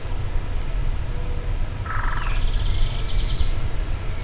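Bird call, a short rattling trill followed by a higher trill, heard over low background rumble.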